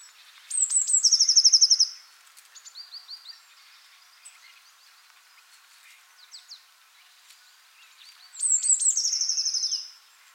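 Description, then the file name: Eurasian blue tit giving two harsh, rapid chattering bursts led by thin high notes, about eight seconds apart, with quieter scattered tit notes in the gap. "Cyanistes caeruleus"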